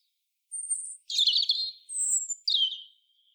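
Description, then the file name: European robin song alternating a very high pure whistle with lower warbled, trilling notes, then a falling sweet whistle that trails off. "Erithacus rubecula"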